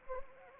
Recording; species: mosquito wingbeat signal from an infrared sensor; Anopheles arabiensis